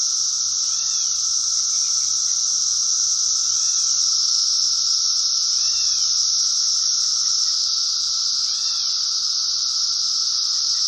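Cicadas sustain a dense, high buzzing drone over a steady tone, with soft arched chirps and brief ticking notes scattered throughout.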